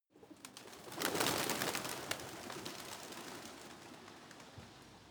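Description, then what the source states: Pigeons taking off together, a soft rush of many rapid wing flaps swelling after one second then fading into a steady flutter, with a few clicks. A flock of pigeons rising, soft.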